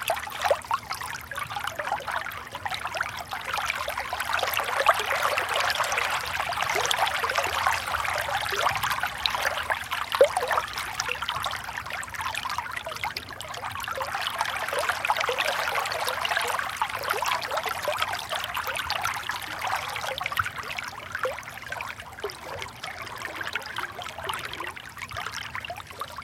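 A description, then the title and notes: A forest river flows with a steady, dense trickling rush, swelling gently around five and fifteen seconds, with a faint low hum underneath. Relaxing River Sounds - Peaceful Forest River.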